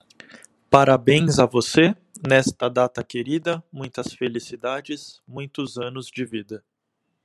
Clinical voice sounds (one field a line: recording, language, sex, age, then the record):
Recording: short text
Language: Brazilian Portuguese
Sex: male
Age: 40 to 49 years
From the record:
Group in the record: control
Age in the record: 40 years